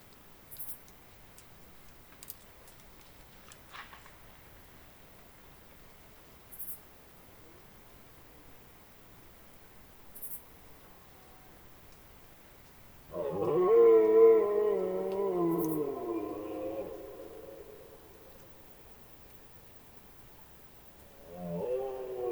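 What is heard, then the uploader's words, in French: A deer's first rutting bellow: after a long quiet stretch with only faint ticks and rustles, a loud, rough, moaning roar rises at about 13 seconds and fades out over roughly five seconds. A second bellow begins near the end. Premier brame. Cette année me semble bien difficile dans le Haut-Diois. Voici donc enfin une petite ambiance en cette nuit du 26 septembre.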